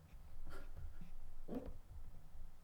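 Two short, rough bursts come about a second apart from a dog in a small indoor room, over a low background hum. They are a dry, hacking cough, a common throat-clearing cough in dogs.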